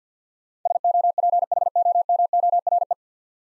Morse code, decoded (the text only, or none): SOPHOMORE